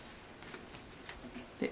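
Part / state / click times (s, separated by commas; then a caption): brake/folding latch on kick scooter frame / not seated / none. The brake and folding latch on the frame of a Xootr MG kick scooter is handled after the brake lock is released, giving a few soft knocks and taps around 0.4, 1.1 and 1.6 s. The latch has not snapped shut or seated yet.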